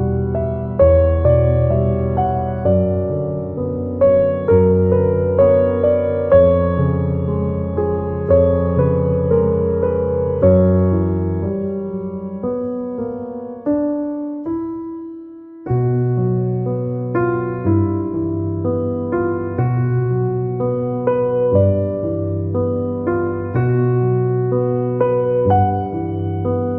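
Mellow jazz with struck chords over a walking low bass, briefly thinning to one held note around fifteen seconds before resuming steadily.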